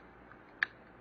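The plastic body shell of an XK X251 RC helicopter is refitted onto its frame after a battery mod for bigger batteries, with its small plastic snap tabs pressed back into place. A faint tick at 0.3 s is followed by a single sharp click at 0.6 s as the tabs snap in. The tabs seat, and the shell is back on.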